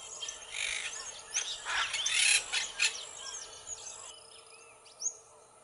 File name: canto da cocota